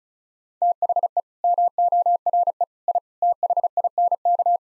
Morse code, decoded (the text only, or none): THE MORE I THINK